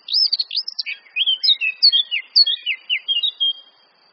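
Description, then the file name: Eurasian blackcap song opening with quick scratchy notes, then a clear fluty warble of looping whistled phrases that stops abruptly. "Sylvia atricapilla"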